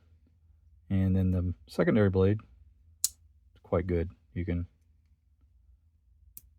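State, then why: Seated. Someone talks while the restored secondary blade of a vintage 1970s Imperial Frontier Jack 4221 steel slipjoint pocket knife is worked open and closed in its backspring joint. A sharp click sounds at 3.0 s, and the blade snaps into position at 6.4 s. The backspring seats the blade in both the full-open and closed positions, a little weakly, though it still closes on its own.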